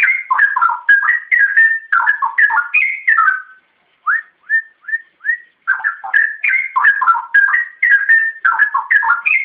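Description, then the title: Oriental magpie-robin song: fast jumbled whistled phrases, then four separate short upslurred whistles, then another burst of varied sweet whistling. "Kicau Kacer"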